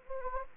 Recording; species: mosquito wingbeat signal from an infrared sensor; Anopheles gambiae